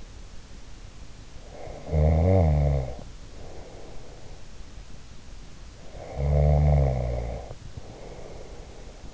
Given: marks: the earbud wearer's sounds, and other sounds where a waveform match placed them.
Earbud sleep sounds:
sounds in sleep by an in-ear microphone; snoring breath
1.51-4.40 s: snoring breath
5.77-9.14 s: snoring breath

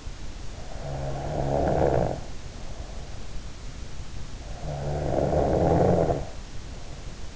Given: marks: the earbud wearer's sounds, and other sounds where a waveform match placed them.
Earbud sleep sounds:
sounds in sleep by an in-ear microphone; snoring breath
0.28-3.73 s: snoring breath
4.38-7.36 s: snoring breath

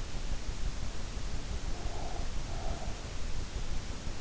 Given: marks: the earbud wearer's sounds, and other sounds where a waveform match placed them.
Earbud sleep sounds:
sounds in sleep by an in-ear microphone; breath
1.57-3.20 s: breath

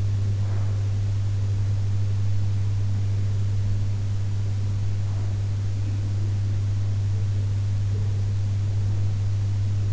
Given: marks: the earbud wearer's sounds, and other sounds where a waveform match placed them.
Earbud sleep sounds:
sounds in sleep by an in-ear microphone; breath
0.00-1.10 s: breath

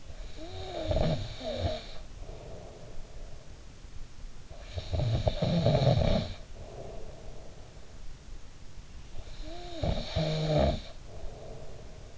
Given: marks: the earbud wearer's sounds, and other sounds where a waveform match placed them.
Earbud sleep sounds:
sounds in sleep by an in-ear microphone; snoring breath
0.00-3.52 s: snoring breath
4.48-7.89 s: snoring breath
9.10-12.18 s: snoring breath

